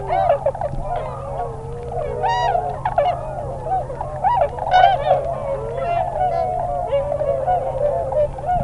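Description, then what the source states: Tundra swan flock calling: a dense chorus of mellow, bugling hoots overlapping continuously, with some higher yelping notes standing out. Nominate subspecies Cygnus columbianus columbianus.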